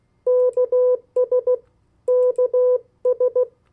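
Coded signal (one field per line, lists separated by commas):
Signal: Morse code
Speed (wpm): 16 wpm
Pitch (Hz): 500 Hz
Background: none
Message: KS KS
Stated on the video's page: Morse code practice of 50 US state abbreviations sent at variable speeds for CW copy practice.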